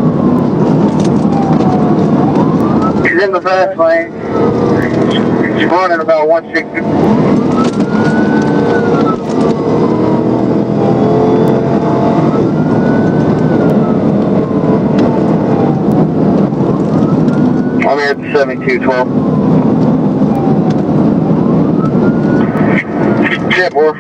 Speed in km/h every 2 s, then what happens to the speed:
124, 121, 121, 114, 111, 132, 145, 145, 148, 151, 140, 135.
0-8 slows to 111. 8-17 speeds up to 151. 17-24 slows to 135.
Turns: none.